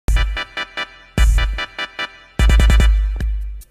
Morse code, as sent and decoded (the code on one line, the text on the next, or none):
none